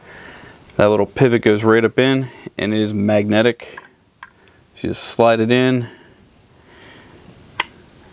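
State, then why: Seated. Someone talks while the pivot on the sharpening-stone guide rod of a Work Sharp Precision Adjust knife sharpener is slid up into the magnetic pivot socket on its angle arm. A single sharp click at 7.6 s marks the pivot seating home, where the magnet holds it in place.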